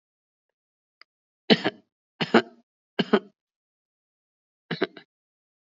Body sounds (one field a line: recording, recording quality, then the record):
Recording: shallow voluntary cough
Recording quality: excellent, no background noise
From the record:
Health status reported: recovered from COVID-19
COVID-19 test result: positive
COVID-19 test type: RT-PCR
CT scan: not taken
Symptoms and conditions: none ticked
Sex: female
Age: 59 years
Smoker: no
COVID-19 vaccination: both doses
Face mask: not worn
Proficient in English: yes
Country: India